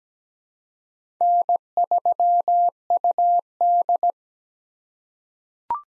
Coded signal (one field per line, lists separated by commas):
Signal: Morse code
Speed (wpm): 17 wpm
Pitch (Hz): 700 Hz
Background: none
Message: N3UD